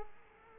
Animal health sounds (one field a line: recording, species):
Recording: mosquito wingbeat signal from an infrared sensor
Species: Culex quinquefasciatus